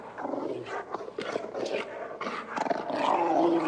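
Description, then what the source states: Dogs snarling and barking roughly in rapid, uneven bursts, the harsh noise swelling toward the end. Dogs howling, described as mad.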